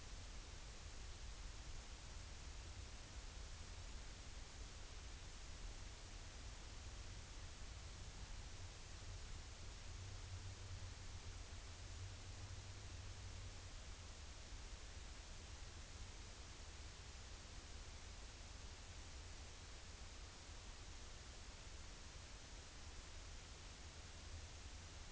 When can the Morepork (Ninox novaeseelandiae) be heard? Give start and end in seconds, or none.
none